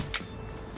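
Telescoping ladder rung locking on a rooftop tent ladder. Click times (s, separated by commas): 0.2 s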